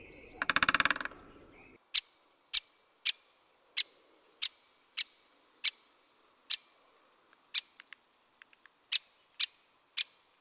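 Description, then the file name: Great spotted woodpecker repeating sharp kik calls after a brief loud noise burst at the start; a few faint ticks near the end. "Buntspecht"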